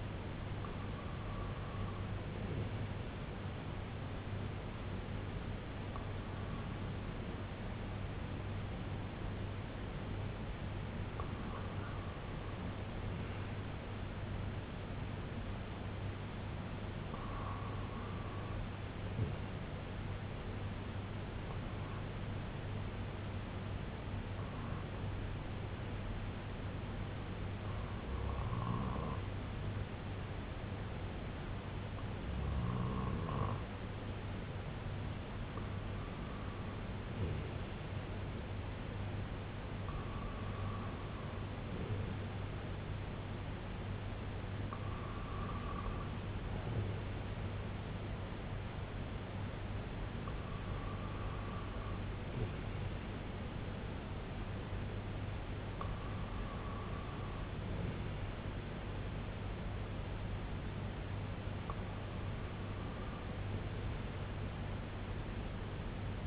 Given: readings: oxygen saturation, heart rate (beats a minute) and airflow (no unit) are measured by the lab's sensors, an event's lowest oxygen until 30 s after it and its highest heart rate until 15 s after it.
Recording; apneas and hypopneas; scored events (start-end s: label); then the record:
breathing in sleep by a voice recorder at the bedside; none
none scored
From the record:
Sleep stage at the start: REM sleep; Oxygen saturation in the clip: 95 to 97%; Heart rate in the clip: 60 to 70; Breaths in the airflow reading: 14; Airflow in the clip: -8.5 to 3.4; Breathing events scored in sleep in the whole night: 258 in 7.4 hours asleep